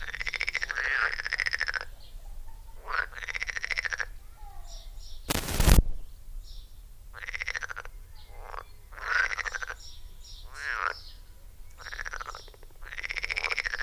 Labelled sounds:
Edible Frog (Pelophylax esculentus) call
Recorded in the wild
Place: Lübars, Benekendorffstraße, Berlin, DE
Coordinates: 52.6167, 13.3469
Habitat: Gartenteich
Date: 1999-05-30
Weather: heiter, 24°C
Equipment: Sony MD-WM MZ-R3, Sennheiser ME 80, Kopie Uher 4000 Report Monitor
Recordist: Tembrock, Günter

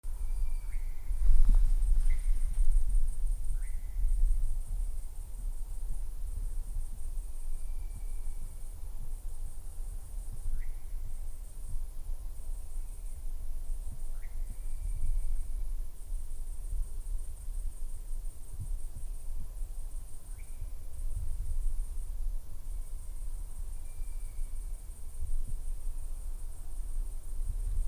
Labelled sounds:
Eurasian Nightjar (Caprimulgus europaeus) flight call, Long-eared Owl (Asio otus)
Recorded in the wild
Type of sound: flight call
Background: Asio otus
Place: Schönow, Naturpark Barnim, Brandenburg, DE
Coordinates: 52.6958, 13.4983
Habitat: heathland
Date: 2007-07-08 23:05
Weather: heiter, 13°C, fast windstill
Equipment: Sound Devices 702, Sennheiser MKH 416 T, Windkorb
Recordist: Frommolt, Karl-Heinz
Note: Westteil des Naturschutzgebietes Schönower Heide:Flugrufe. Im Hintergrund Rufe von jungen Waldohreulen

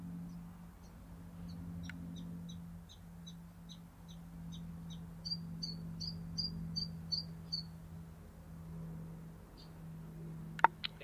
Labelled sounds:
Common Chiffchaff (Phylloscopus collybita)
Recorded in captivity
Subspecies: collybita
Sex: male
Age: subadult
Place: Volierenanlage, Zoologisches Institut Universität Tübingen, Baden-Württemberg, DE
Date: 1968-06-24
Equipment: Nagra III PH, MD 211, LGS26
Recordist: Schneider, Hans-Joachim

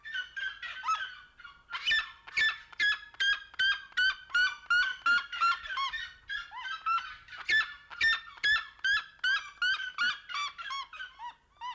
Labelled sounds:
Red-legged Seriema (Cariama cristata) call
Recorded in captivity
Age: adult
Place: Zoo Berlin, Berlin, DE
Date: 1992-11-07 11:52
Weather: bedeckt, 14°C
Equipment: Marantz CP 430, Sennheiser ME 80, Kopie Tesla B 116
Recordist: Tembrock, Günter

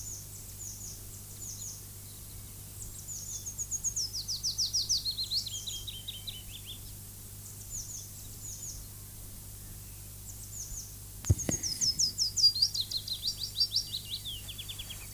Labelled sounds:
Willow Warbler (Phylloscopus trochilus) song
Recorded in the wild
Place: Köppchensee, Berlin, DE
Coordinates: 52.6167, 13.3667
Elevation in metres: 40
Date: 2004-04-17 13:31
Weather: sunny, 16-18°C
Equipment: Fair Mate ST-1328 (Asahi Electronics, Japan), Sennheiser ME 80, Kopie Uher 4000 Report Monitor
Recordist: Tembrock, Günter

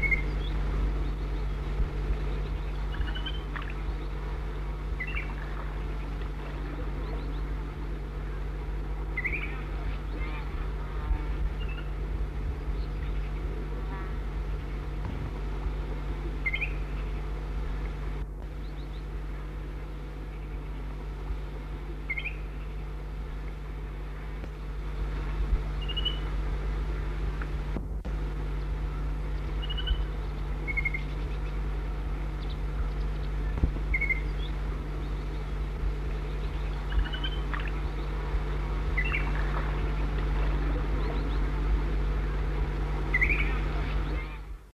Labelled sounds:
Little Grebe (Tachybaptus ruficollis) call
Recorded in the wild
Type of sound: call
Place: Laatzen, Niedersachsen, DE
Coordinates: 52.3089, 9.8081
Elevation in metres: 63
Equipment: Halbspur, 9,5 cm/s
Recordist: Lütgens, Hans
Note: Herbstruf der Alten, 1961

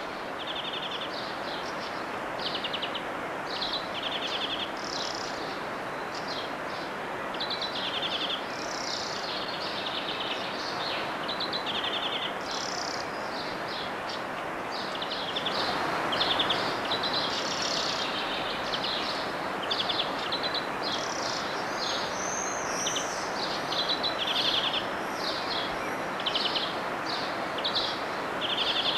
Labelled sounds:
European Greenfinch (Chloris chloris) song
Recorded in the wild
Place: Grindelwald, Bern, CH
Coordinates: 46.6372, 8.04417
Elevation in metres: 1351
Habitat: mountains
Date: 1979-06-07
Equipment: Uher 4000 Report, Sennheiser MKH 815 T
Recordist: Tretzel, Erwin

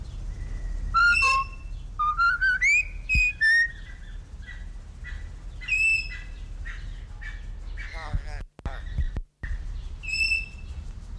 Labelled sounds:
Common Hill Myna (Gracula religiosa)
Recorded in captivity
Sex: male
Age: adult
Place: Zoo Berlin, Berlin, DE
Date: 1993-08-04 18:53
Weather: heiter, 25 °C
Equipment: Marantz CP 430, Sennheiser ME 80, Kopie Uher Variocord 263
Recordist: Tembrock, Günter
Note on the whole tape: Unterart intermedius, Gesang mit Imitationen

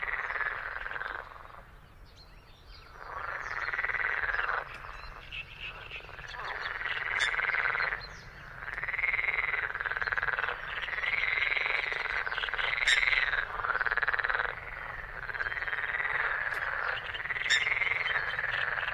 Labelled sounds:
Eurasian Coot (Fulica atra) call
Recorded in the wild
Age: adult
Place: Hobrechtsfelder Rieselfelder, Naturpark Barnim, Berlin, DE
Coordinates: 52.6678, 13.4681
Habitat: lake
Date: 2012-04-28 20:00
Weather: 25°C, sunny, almost windless
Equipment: Sound Devices 702, Sennheiser MKH 70, Rycote Windschutz
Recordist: Frommolt, Karl-Heinz

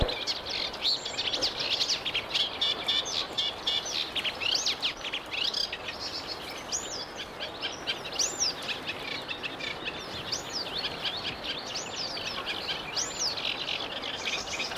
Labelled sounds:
Eurasian Reed Warbler (Acrocephalus scirpaceus) song
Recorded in the wild
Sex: male
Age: adult
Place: Berlin, OT Karow, Berlin, DE
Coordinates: 52.6228, 13.4597
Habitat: ponds
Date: 1988-05-29
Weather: sunny, 22°C
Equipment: Nagra SN (Automatik), Kopie Tesla B 116
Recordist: Tembrock, Günter

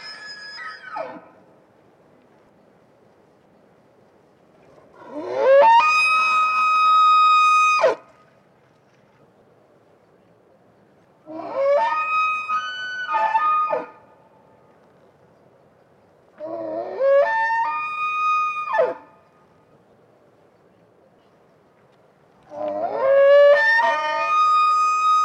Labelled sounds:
Wapiti (Cervus canadensis)
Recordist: Tembrock, Günter

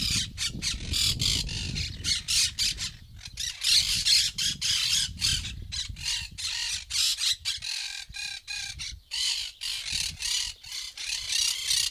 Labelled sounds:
Monk Parakeet (Myiopsitta monachus) call
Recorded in captivity
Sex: group
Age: adult
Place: Zoo Halle, Sachsen-Anhalt, DE
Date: 2002-06-17 15:38
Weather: sonnig, 27°C
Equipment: Nagra SN, Kopie Uher 4000 Report Monitor
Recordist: Tembrock, Günter

